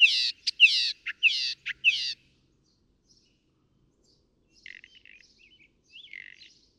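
Northern mockingbird song: loud harsh buzzy phrases with sharp notes for two seconds, then quiet pause and soft scratchy notes.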